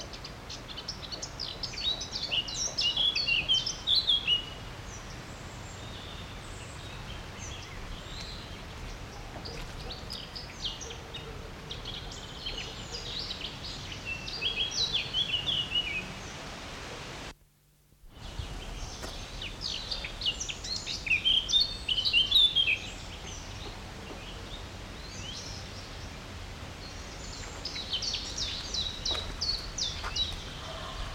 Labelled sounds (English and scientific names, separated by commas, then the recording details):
Eurasian Blackcap (Sylvia atricapilla)
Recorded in the wild
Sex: male
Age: adult
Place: Botanische Anlage Blankenfelde, Berlin, DE
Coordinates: 52.603, 13.4
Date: 1993-07-03
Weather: 20-23 °C, sonnig, diesig, böiger Wind
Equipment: Marantz CP 430, Sennheiser ME 80, Kopie Uher Variocord 263
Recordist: Tembrock, Günter